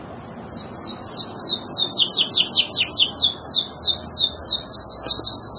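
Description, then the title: Bird song, a fast series of high slurred whistles, about three per second, over low background noise. "burung online"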